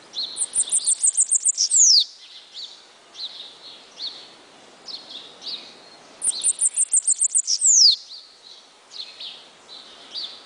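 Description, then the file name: Bananaquit song, two bursts of very high, rapid ticking notes ending in a thin downward-sliding whistle, about six seconds apart, with softer chirps in between. "Cambacica"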